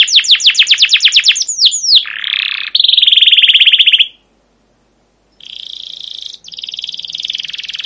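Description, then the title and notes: Canary song: fast descending chirp sweeps, then buzzy sustained trills, a short silence, and more rolling trilled phrases. Captive canary singing a long 'cuit cuit ngerol' chirping song, used as a lure and master song for young canaries learning to sing. "CUIT CUIT NGEROL GACOR PANJANG Kenari Pancingan KENAR. PANCINGAN Kenari GACOR PANJANG Cuit CUIT EMOSI MASTERAN Kenari PAUD belajar BUNYI. burung kenari"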